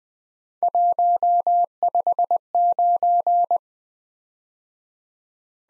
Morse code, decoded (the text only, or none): 159